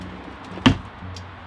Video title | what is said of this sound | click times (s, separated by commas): DIY 4Runner Drawer System for Overland, Camping, & Offroading. BLUEPRINTS & FREE PARTS LIST! | then tighten them down and it should lock perfectly into place just like that | 0.7 s